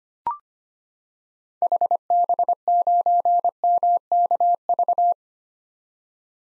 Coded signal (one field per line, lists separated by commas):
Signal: Morse code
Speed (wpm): 25 wpm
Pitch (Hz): 700 Hz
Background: none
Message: HB9MKV